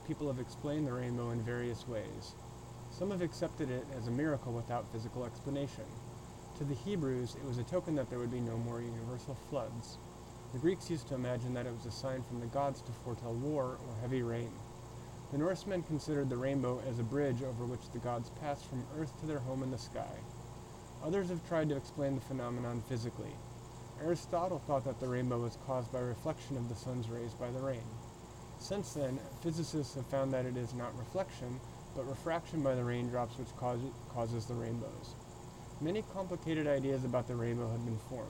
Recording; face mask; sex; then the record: reading aloud; surgical mask; male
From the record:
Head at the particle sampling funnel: tilted up or above it, chin in front of it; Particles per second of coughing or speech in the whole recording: 0.143